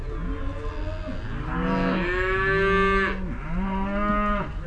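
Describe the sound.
Cow mooing, two full harmonic moos in quick succession, the first swelling and then cut off, the second steady and drawn out.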